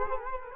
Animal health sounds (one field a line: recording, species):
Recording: mosquito wingbeat signal from an infrared sensor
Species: Culex quinquefasciatus